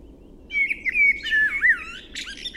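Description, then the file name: Eurasian blackbird song: a single mellow, wavering whistled phrase dipping and rising, ending in a burst of shrill, chattering high notes. "Turdus merula"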